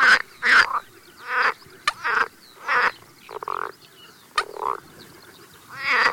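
Pool frog croaks: short, nasal, quacking bursts repeated roughly every half second to one second, loud and rasping.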